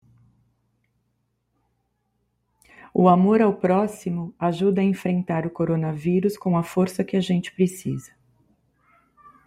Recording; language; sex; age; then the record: spoken sentence; Brazilian Portuguese; female; 40 to 49 years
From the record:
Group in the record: control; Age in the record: 47 years